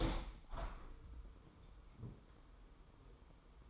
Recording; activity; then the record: daily activity, microphone in the room; open window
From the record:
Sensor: 1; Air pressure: 999.7 hPa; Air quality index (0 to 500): 231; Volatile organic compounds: 92 ppm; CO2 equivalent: 3699 ppm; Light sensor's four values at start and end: 10/25/10/10 and 11/27/11/12